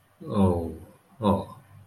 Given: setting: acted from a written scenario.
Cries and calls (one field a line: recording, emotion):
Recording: vocal sound without words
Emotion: sympathy